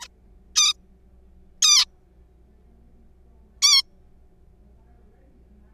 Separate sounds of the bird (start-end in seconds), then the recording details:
0.01-0.07, 0.56-0.73, 1.62-1.85, 3.62-3.82. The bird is a juvenile. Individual R3428